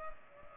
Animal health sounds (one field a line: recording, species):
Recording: mosquito wingbeat signal from an infrared sensor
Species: Culex pipiens